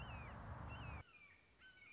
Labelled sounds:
Red-shouldered Hawk
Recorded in Sonoma County, California

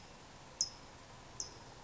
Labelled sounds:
California Towhee
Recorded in Sonoma County, California

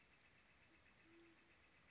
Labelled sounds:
Band-tailed Pigeon
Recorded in Sonoma County, California

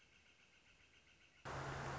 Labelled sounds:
Northern Flicker
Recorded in Sonoma County, California

